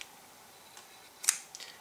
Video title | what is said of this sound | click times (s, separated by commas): CRKT Ripple 2 (Sight 4 Sore Eyes) | it definitely locks into place with almost no effort this | 1.3 s